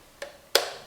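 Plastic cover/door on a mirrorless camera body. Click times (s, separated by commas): 0.6 s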